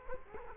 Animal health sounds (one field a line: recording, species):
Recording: mosquito wingbeat signal from an infrared sensor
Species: Culex quinquefasciatus